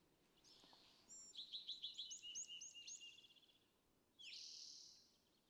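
California thrasher song phrase: a run of bright stuttered notes and clicks, then a single rising buzzy note, over a steady low background hiss.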